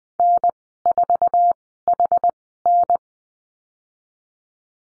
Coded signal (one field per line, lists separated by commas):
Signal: Morse code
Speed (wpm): 20 wpm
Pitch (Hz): 700 Hz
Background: none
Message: N4HN